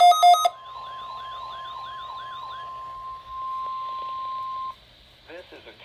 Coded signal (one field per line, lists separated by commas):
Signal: Emergency Alert System (SAME) tones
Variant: 1050 Hz attention tone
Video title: First Required weekly tests of February EAS#437-440 1/31/21- 2/3/21